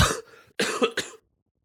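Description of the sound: An adult man with a cold gives three quick, harsh coughs in under two seconds, in the morning. Each is a short, forceful burst of air, with brief pauses between them. It is a plain cough of the kind heard with a common cold, alongside a hoarse voice and a blocked nose.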